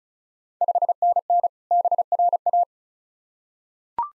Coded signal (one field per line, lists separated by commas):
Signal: Morse code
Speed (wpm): 36 wpm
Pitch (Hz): 700 Hz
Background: none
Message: 5NN BRA